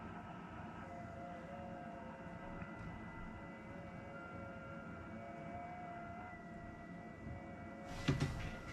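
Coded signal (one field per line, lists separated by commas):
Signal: FT8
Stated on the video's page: FT8 on a Yaesu FT-891 through a DigiRig DR-891 interface with an iPad Pro.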